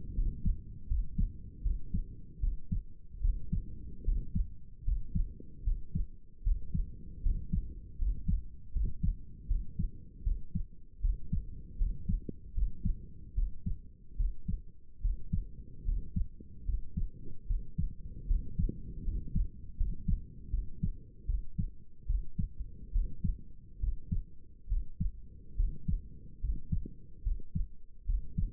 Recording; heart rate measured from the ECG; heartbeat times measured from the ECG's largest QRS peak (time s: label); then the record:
heart sounds by stethoscope; 75 bpm
0.15 s: heartbeat
0.88 s: heartbeat
1.63 s: heartbeat
2.40 s: heartbeat
3.21 s: heartbeat
4.05 s: heartbeat
4.84 s: heartbeat
5.64 s: heartbeat
6.43 s: heartbeat
7.22 s: heartbeat
7.98 s: heartbeat
8.72 s: heartbeat
9.47 s: heartbeat
10.23 s: heartbeat
11.01 s: heartbeat
11.77 s: heartbeat
12.54 s: heartbeat
13.34 s: heartbeat
14.16 s: heartbeat
15.01 s: heartbeat
15.85 s: heartbeat
16.65 s: heartbeat
17.46 s: heartbeat
18.27 s: heartbeat
19.04 s: heartbeat
19.76 s: heartbeat
20.50 s: heartbeat
21.26 s: heartbeat
22.06 s: heartbeat
22.92 s: heartbeat
23.80 s: heartbeat
24.68 s: heartbeat
25.56 s: heartbeat
26.40 s: heartbeat
27.23 s: heartbeat
28.05 s: heartbeat
From the record:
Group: healthy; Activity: rest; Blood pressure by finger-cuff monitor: 109/73 mmHg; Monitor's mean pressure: 82 mmHg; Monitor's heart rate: 77 bpm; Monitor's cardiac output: 6.2 L/min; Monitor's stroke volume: 80 mL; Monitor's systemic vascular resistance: 960 dyn s/cm5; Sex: male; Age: 35 years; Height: 180 cm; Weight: 86.9 kg